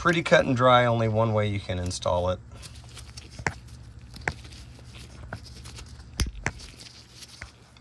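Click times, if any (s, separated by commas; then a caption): 6.5 s. Someone talks, then the plastic electrical connector of the downstream O2 sensor on a 3rd Gen Toyota 4Runner is pushed into its mating vehicle wiring harness connector, with several short, sharp clicks and handling sounds. The connector snaps in with a clear click at 6.5 s, seated and connected.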